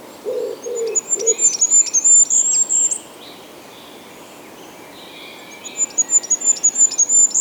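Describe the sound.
Goldcrest song: a fast, very high-pitched series of cycling notes, repeated after a pause, with a few low cooing notes from another bird at the start.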